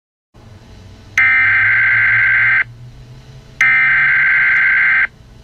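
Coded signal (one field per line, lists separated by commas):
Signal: Emergency Alert System (SAME) tones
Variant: header bursts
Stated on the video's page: Fictional EAS scenario alert, a made-up recreation rather than a real broadcast.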